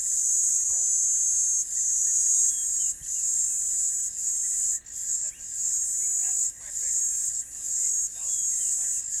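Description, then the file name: B. brevis: insect buzzing song, a continuous high hiss with occasional short breaks. Recorded at a ranch. "B brevis Morningside Ranch"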